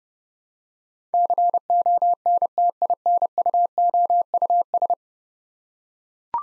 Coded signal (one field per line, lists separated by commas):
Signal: Morse code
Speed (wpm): 30 wpm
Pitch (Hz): 700 Hz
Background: none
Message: CONTINUOUS